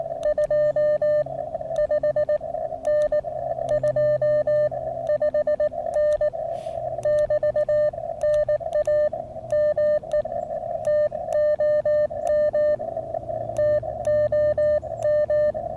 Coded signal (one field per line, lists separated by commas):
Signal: Morse code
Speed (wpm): 19 wpm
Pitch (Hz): 600 Hz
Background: radio noise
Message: 25N 25N <BT> NAME TOM TOM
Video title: elecraft QRP ~ park & wire